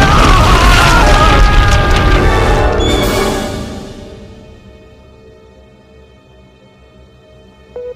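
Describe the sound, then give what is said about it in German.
A deep, rumbling boom with cracking and crumbling as the ground breaks apart, loud for about three seconds before fading into a long, low rumble that dies away. “Der Boden zittert. Oh mein Gott. Vorsicht, der Boden bricht auf.”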